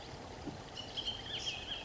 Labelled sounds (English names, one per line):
Bullock's Oriole